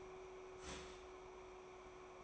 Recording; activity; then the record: daily activity, microphone in the room; start toaster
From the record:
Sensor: 1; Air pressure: 1014.7 hPa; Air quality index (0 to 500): 195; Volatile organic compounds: 30 ppm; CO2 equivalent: 2953 ppm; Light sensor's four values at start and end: 4/9/3/3 and 4/9/3/3